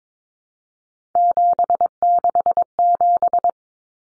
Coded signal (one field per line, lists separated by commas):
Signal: Morse code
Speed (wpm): 22 wpm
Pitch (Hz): 700 Hz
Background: none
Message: 767